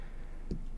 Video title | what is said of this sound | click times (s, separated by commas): HONOR Magic V6 – First Things To Do After Setup | until it clicks. And once it clicks, it should stand out a little. | 0.5 s